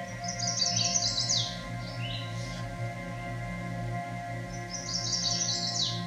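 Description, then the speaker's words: Chestnut-sided Warbler song, a bright run of high sweet notes ending in an emphatic downslurred flourish, sung twice several seconds apart over a low steady hum. Song rendered as 'Pleased, pleased, pleased to meet you.'. "their song can be described as sounding like, "Pleased, pleased, pleased to meet you.""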